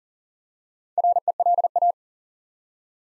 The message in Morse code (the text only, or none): RELA